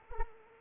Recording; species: mosquito wingbeat signal from an infrared sensor; Culex pipiens